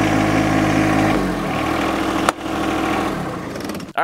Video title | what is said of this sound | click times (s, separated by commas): GUIDE TO TRACTOR PALLET FORKS. WHAT SIZE PALLET FORKS? 🚜 | all right so i just missed that center slot but you can see the top rails on here so right now it's not fully seated i'm going to give it a quick shift | 2.3 s